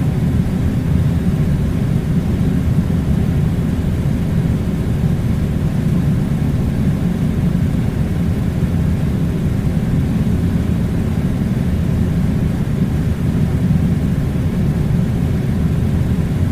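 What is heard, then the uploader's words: An air conditioner runs with a constant, dense rumble that never changes in level across the recording. The sound is weighted low and heavy, with a soft hiss above it, close and even, with no separate events or other sounds breaking through. Air Conditioner White Noise Sounds.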